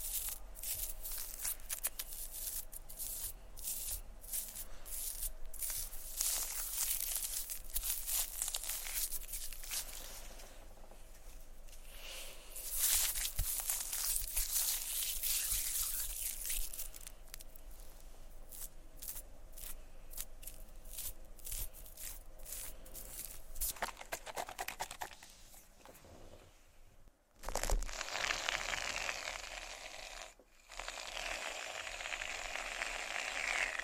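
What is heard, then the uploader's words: Shaving cream is played with in a dense, continuous stream of soft crackling, squishing and crinkling, with many quick bright clicks and rustles throughout. Around 27 and 30 seconds the sound briefly drops out before a louder, brighter crinkling returns. Playing With Shaving Cream (Plastic Wrap, Brushing, Massage, Crinkles).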